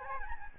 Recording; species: mosquito wingbeat signal from an infrared sensor; Aedes albopictus